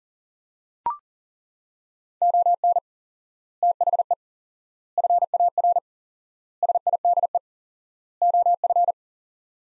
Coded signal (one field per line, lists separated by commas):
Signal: Morse code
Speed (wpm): 37 wpm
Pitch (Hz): 700 Hz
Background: none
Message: ON THE FAR SIDE OF